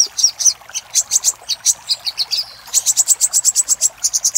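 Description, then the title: Little spiderhunter song: spaced sharp high chips speeding into a fast even series, with a short pause near the middle. Master recording used for training cage birds. "Masteran Burung Sogok Ontong Labaik"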